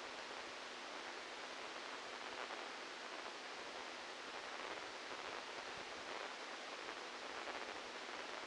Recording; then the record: brain microelectrode recording played as sound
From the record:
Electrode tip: outside the subthalamic nucleus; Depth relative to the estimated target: -3 mm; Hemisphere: left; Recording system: NeuroSet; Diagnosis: Parkinson's disease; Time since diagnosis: 12 years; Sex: male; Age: 61 years